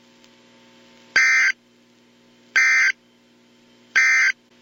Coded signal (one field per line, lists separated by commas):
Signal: Emergency Alert System (SAME) tones